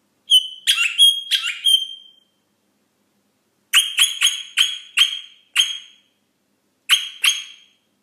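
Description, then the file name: Rosella calls: ringing, metallic notes in quick bursts of a few, separated by short silences. "Canto da Rosela"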